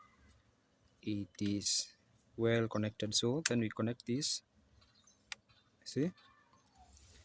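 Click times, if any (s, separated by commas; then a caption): 5.3 s. A wiring plug is pushed into the steering clock spring (steering spiral) connector while a faulty steering spiral is being replaced, and someone talks. A single sharp click is heard at 5.3 s as the second connector seats, followed by more talking.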